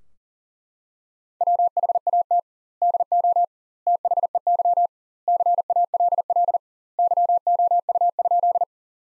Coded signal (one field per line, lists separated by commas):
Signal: Morse code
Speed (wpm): 40 wpm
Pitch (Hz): 700 Hz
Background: none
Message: WHAT DO THEY CALL YOU?